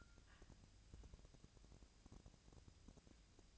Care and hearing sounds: daily activity, microphone in the room; take from stove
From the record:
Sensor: 2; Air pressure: 999.8 hPa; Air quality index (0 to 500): 121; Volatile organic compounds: 2 ppm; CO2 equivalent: 1043 ppm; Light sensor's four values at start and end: 35/87/38/43 and 35/87/38/43

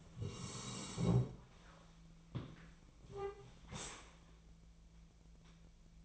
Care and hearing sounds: daily activity, microphone in the room; sit down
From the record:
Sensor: 1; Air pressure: 1000.4 hPa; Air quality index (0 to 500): 180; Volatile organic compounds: 4 ppm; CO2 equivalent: 1662 ppm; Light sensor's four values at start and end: 12/29/12/14 and 12/29/12/14

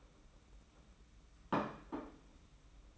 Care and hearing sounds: daily activity, microphone in the room; place plate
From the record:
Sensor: 1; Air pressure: 991.8 hPa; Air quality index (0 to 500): 167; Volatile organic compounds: 1000 ppm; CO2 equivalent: 6283 ppm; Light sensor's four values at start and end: 29/98/38/38 and 29/98/38/38

